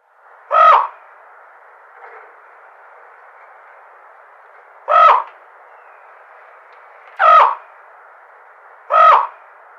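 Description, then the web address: Fan-tailed raven calls: four short, harmonic croaks at uneven gaps of a few seconds, with a faint softer note between, over a steady hiss. "Schulze Peter Fan-tailed Raven"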